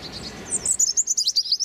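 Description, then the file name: European robin song fragment: a quick series of high, thin, trilling notes repeated rapidly. Male singing territorial song. "European Robin Erithacus rubecula male singing his territorial song"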